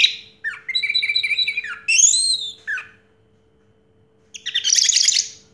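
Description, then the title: Orange-headed thrush song, a fast trill, a loud rising-falling whistle, silence, then a dense buzzy chatter at the end. Recording played to coax a silent orange-headed thrush into singing. "Anis Merah Macet.. Pancing Dengan Suara Ini.. 100 Ampuh. # Anis Merah"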